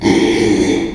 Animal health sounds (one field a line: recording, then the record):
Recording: squeal of a Yucatan mini pig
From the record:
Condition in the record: after surgery on the right vocal fold (resection and tissue-engineered implant)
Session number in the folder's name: 2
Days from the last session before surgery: 13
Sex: male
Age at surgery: 12 weeks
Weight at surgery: 13 kg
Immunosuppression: cyclosporine, prednisolone